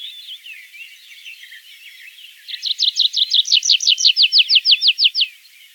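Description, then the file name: Tree pipit song: quiet twittering, then a clear trill of rapid repeated notes lasting nearly three seconds. "konek lesnojj"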